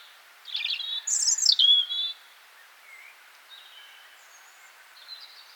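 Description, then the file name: European robin singing a brief high, sweet phrase of quick warbled and trilled notes, followed by several seconds of faint, scattered high notes over soft background noise. "Roodborst Erithacus rubecula"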